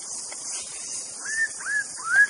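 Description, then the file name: White-rumped Shama song: three short slurred whistles in quick succession, each rising then levelling, over a steady high insect-like hiss. Forest-dwelling bird, called murai batu hutan. "suara muraibatu hutan. omkicau"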